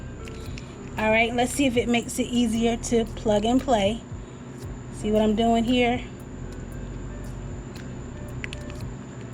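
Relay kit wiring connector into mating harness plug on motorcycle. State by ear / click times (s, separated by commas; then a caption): seated / 8.4 s. Someone talks while plugging the male and female ends of a relay kit wiring connector into the mating harness plug on a 2015 Kawasaki Vulcan S motorcycle. A sharp snap at 8.4 s marks the connector snapping together, and it is confirmed seated and latched.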